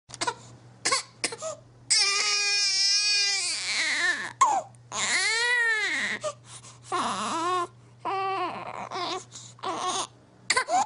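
A baby cries in several long, high-pitched wails, each rising and falling, separated by short gasps and whimpers. The cry is strong and clear with a steady low hum behind it, an ordinary infant cry.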